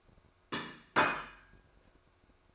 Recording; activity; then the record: daily activity, microphone in the room; place plate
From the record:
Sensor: 2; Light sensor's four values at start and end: 4/9/3/3 and 4/9/3/4